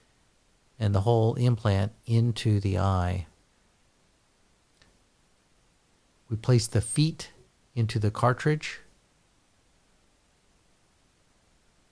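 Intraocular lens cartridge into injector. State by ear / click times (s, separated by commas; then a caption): not seated / none. Someone talks while the haptic feet of a PanOptiX intraocular lens are placed into the injector cartridge and lined up before the cartridge is advanced into the injector. Between the talking there is only quiet background noise and one faint, brief tick at about 4.8 s. Nothing has seated or clicked yet.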